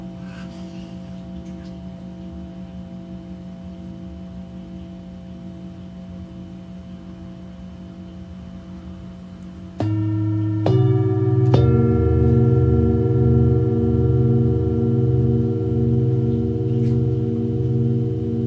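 Singing bowls ring in a sound healing session: a steady, humming tone with a slow shimmering pulse carries the first ten seconds. Near the ten and eleven second marks, two new strikes add louder, lower bowls that swell and beat in a slow, wavering throb.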